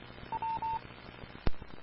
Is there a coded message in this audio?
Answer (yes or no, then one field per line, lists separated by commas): no